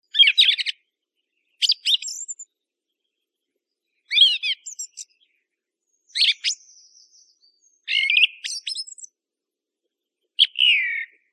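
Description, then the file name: Thrush singing in short, varied phrases of high, ringing and twittering notes, separated by pauses of about one to two seconds; otherwise quiet. "Tordo"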